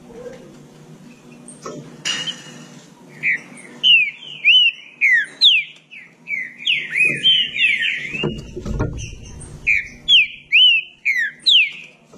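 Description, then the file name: Green-winged saltator song: repeated swooping whistled notes in a lively sequence, with one brief low burst of noise partway through. "canto do trinca ferro"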